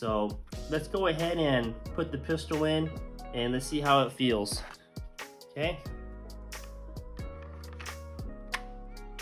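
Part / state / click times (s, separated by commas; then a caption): pistol into kydex holster / seated / 8.6 s. A pistol is pushed into a custom-molded Kydex holster while someone talks over background music. The retention snaps it in place with a sharp click at 8.5 seconds, and the pistol is seated.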